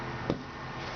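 A steel extractor claw is pushed up and guided back onto a Mauser 98 rifle bolt body until it snaps on and seats. A single short, sharp click is heard at 0.3 seconds over a low steady background.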